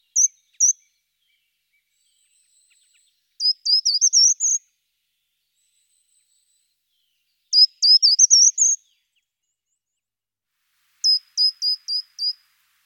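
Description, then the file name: Short-toed treecreeper giving high, thin notes: two single notes, then two quick jingling phrases several seconds apart, and finally four evenly spaced sharp notes; otherwise quiet. "Grimpereau des jardins"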